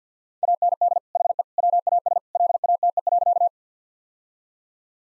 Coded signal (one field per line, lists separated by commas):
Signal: Morse code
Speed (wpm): 50 wpm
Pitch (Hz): 700 Hz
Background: none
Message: AND HE WAS LATE.